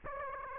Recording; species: mosquito wingbeat signal from an infrared sensor; Aedes aegypti